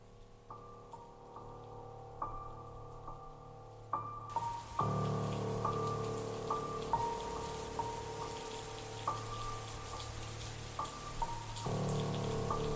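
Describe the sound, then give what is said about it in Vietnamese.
A steady hissing July rain shower begins a few seconds in and continues without letup, layered over soft, evenly spaced melodic tones; no one speaks. “Tháng 7 chào đón lũ trẻ con bằng những trận mưa rào bất tật, nhưng không ngăn được những tò mò nghịch ngợm quậy phá tưng bừng”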